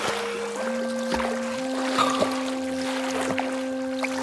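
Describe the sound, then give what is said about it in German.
Sea water sloshes and splashes in irregular bursts over a steady hiss at the beach at Cap Couronne, with a constant low droning hum underneath and no voices. “Der Strand am Kap Couronne war trotz des Wochenendes nicht völlig überfüllt und das Meer wunderbar kühl.”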